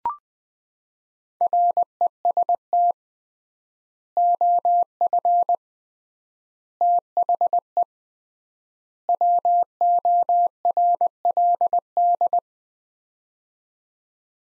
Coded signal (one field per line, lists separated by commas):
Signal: Morse code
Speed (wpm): 20 wpm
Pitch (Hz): 700 Hz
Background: none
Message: REST OF THE WORLD